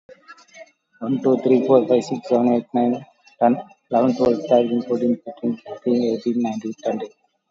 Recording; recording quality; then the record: counting at a fast pace; excellent, no background noise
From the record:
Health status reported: COVID-19 positive, mild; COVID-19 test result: positive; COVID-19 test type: RT-PCR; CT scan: taken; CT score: 10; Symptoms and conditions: cough, cold, sore throat, fatigue, loss of smell and taste, diabetes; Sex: male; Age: 39 years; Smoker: no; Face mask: worn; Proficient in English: yes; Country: India